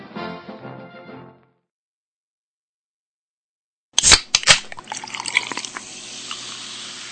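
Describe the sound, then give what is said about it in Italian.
A brief snatch of tonal music fades to silence, then a bottle is uncapped with a few sharp clicks and pops, followed by a steady, hissing pour of liquid. “Ah, ci voleva, ci voleva di stapparne una perché ci cominciava a seccare la gola e non abbiamo ancora cominciato a parlare”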